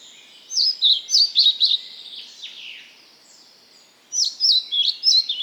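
Bird song: quick bursts of high, sweet chirps and twittering notes in two phrases, separated by a quiet gap with faint background twitter.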